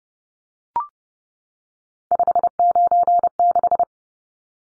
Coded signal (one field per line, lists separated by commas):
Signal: Morse code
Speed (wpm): 30 wpm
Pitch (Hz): 700 Hz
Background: none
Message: 596